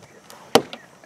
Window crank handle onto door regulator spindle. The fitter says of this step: till you hear it snap and now you're good to go